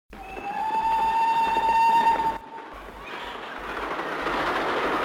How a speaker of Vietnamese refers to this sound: Lúc ấy, một con tàu tốc hành thắp đèn sáng lòa, ầm ầm như sóng rền, lao qua làm gian phòng ông bẻ ghi rung lên.